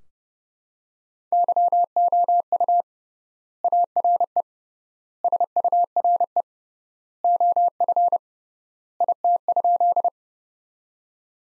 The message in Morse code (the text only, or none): YOU ARE SURE OF IT?